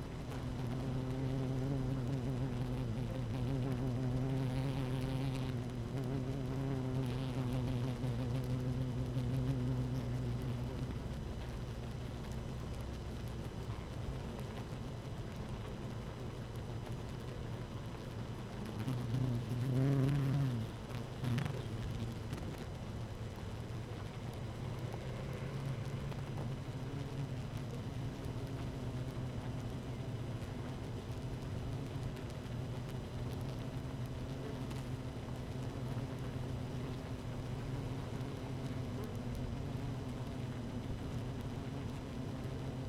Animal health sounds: honeybee colony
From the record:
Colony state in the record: active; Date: 12 June 2018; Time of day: 13:44

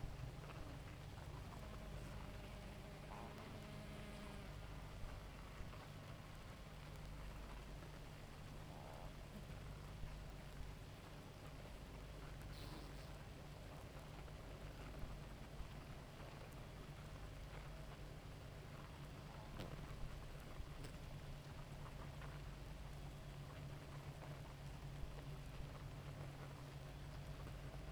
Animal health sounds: honeybee colony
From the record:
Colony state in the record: active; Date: 28 July 2017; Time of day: 2:54

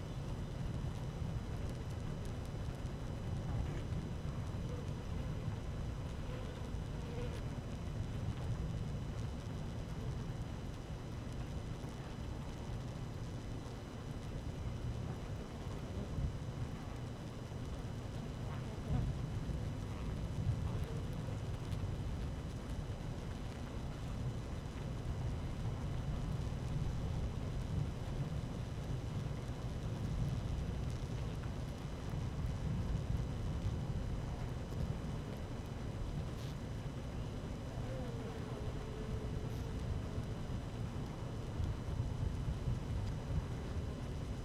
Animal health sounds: honeybee colony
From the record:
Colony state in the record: active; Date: 12 June 2018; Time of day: 12:41

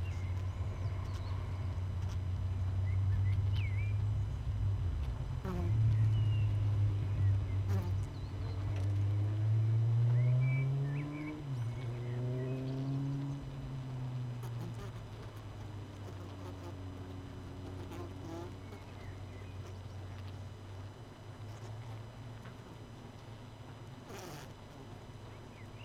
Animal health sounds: honeybee colony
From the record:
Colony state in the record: missing queen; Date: 31 May 2018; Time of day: 18:55

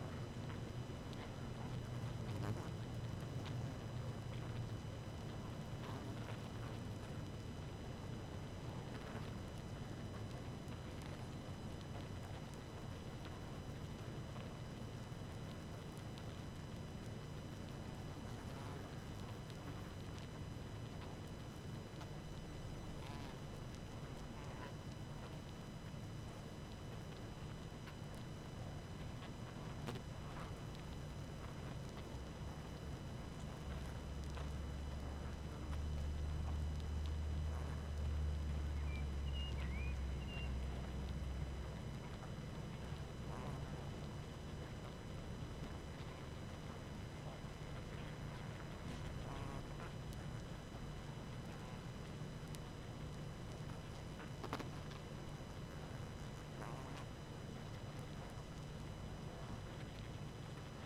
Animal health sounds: honeybee colony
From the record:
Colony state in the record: active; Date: 12 June 2018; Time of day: 18:48

